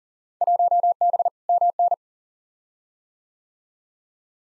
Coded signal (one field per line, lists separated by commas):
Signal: Morse code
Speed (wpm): 40 wpm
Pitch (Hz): 700 Hz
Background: none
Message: 1B MN